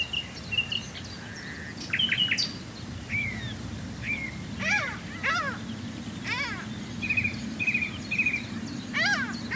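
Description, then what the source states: Common nightingale singing rich phrases and short whistled notes, then series of falling chirps in quick bursts and three level whistles; low background rumble throughout. Swale.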